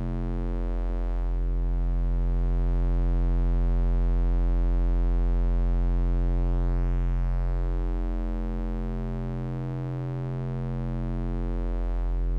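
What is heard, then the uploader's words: A deep, steady bass drone hums low and smooth, built from stacked pure tones that barely change. The loudness swells gently, dipping softly near ten seconds before rising again, with faint clicks at about one, five and nine seconds and a slow sweeping shimmer. Deep Bass ASMR Vibrations. The deep, gentle rumbles.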